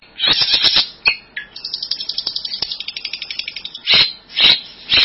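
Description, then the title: Bird giving harsh rattling bursts, a fast trill of clicking notes, then loud raspy phrases. "burung"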